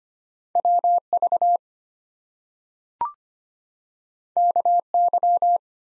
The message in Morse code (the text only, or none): WV KY